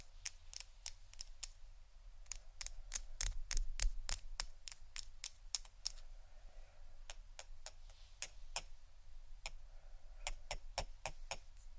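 Sharp tapping on hard objects, a rapid run of crisp clicks that speeds up and clusters between two and six seconds, then settles into a slower, fairly regular pattern. Each tap is bright and short, over a steady low hum underneath.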